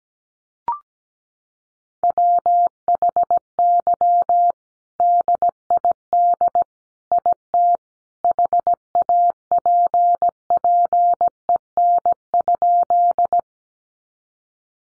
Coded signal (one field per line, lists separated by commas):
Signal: Morse code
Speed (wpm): 17 wpm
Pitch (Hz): 700 Hz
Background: none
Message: WHY DID IT HAPPEN?